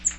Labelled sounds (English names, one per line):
Cape May Warbler flight call